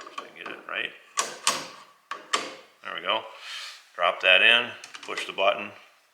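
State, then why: Not seated. Someone talks while a blade guard for a Powermatic PM1000 table saw is handled and dropped toward its single mounting point on the riving knife as the release button is pushed, with a few brief knocks of handling. The guard has not clicked into place yet; nothing has seated by the end of the clip.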